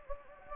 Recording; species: mosquito wingbeat signal from an infrared sensor; Anopheles gambiae